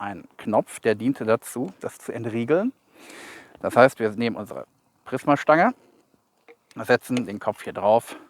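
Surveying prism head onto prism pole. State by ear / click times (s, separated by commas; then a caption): not seated / none. A surveying prism head with a release button that unlocks it is set onto the top of a prism pole while someone talks. The head has not latched onto the pole yet, and nothing has clicked into place by the end of the clip.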